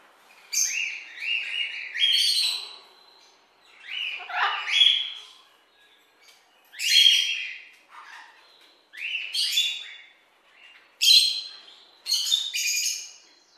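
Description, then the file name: Bird chirping in short bright bursts, sharp rising and falling notes grouped into repeated phrases with brief quiet gaps between them. "Birds chirping and tweeting"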